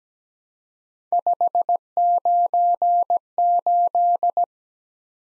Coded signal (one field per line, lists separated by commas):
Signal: Morse code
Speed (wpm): 17 wpm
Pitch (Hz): 700 Hz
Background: none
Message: 598